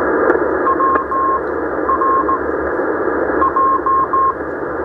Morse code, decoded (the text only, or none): WRJ